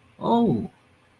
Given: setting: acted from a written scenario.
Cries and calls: vocal sound without words; realization

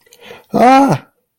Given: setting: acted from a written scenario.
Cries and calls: vocal sound without words; distress

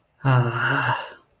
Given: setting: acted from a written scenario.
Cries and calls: vocal sound without words; serenity

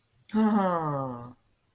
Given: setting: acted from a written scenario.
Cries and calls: vocal sound without words; adoration

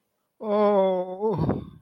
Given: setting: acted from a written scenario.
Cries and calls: vocal sound without words; shame

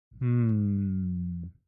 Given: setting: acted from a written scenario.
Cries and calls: vocal sound without words; confusion

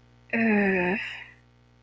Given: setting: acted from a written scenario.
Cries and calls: vocal sound without words; guilt

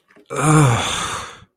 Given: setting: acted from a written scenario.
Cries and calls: vocal sound without words; disgust

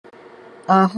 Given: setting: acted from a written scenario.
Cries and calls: vocal sound without words; guilt

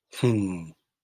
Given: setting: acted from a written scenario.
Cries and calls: vocal sound without words; confusion

